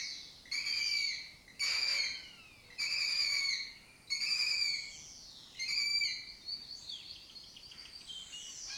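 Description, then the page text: Lesser kestrel giving repeated harsh, buzzy calls: five loud rasping bursts, followed by softer overlapping chatter. Breeding colony in an abandoned building complex, Doñana, southern Europe; migratory species that forages in West Africa. "Lesser Kestrels Took Over an Abandoned Building. Here in Doñana"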